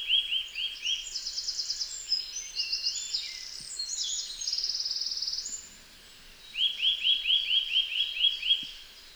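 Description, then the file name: Eurasian nuthatch giving series of short arched whistles at the start and again near the end, with higher trilling notes in between. "Sitta europaea"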